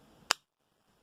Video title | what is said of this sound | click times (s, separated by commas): Tokyo Marui MWS Semi-Auto DMR Conversion - Selector mod to make your MWS Semi-Auto ONLY (Airsoft) | actual selector position is between semi and auto as i push it through clicks | 0.3 s